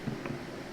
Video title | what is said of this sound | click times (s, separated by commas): KITCHENAID DISHWASHER-NO WATER 💦_ LET'S FIX IT! | so i'm going to hook that little power connector now back in and push it all the way until it clicks into position | 0.3 s